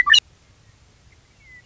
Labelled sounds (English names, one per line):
Western Meadowlark